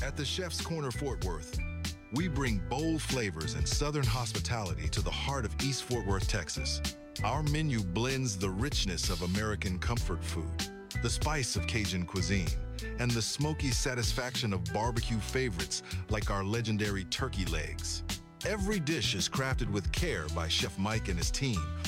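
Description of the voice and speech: A man speaks fluently and clearly at a steady pace over background music, with typical voice and articulation.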